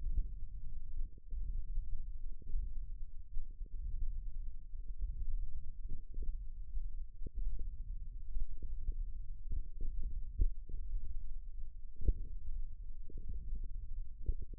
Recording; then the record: forearm muscle sounds (acoustic myography)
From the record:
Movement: hand opening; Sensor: system 1, eight BSWA MPA416 microphones around the upper forearm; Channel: 6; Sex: female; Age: 20 years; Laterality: right